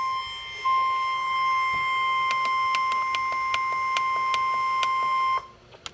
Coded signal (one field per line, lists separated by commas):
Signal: Emergency Alert System (SAME) tones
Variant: 1050 Hz attention tone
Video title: Severe Thunderstorm Warning - EAS #458